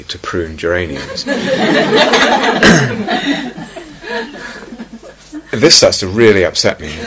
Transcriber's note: laughter